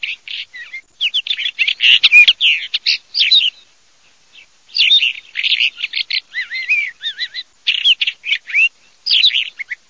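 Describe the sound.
Northern wheatear, a scratchy, chattering warble of quick high notes and short whistles in two bursts, broken by a brief pause.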